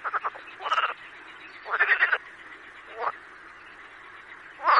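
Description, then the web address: Marsh frog croaks, short pulsed bursts scattered over a steady background chorus. "marsh frog"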